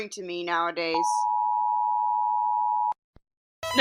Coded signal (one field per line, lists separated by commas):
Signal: Emergency Alert System (SAME) tones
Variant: 853 and 960 Hz attention tone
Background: speech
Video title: Rating EAS Alarms from Around the World